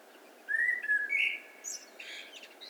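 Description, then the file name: Common blackbird song: a short run of mellow fluted whistles, then a thin, high, scratchy twitter trailing off at the end. "Turdus merula"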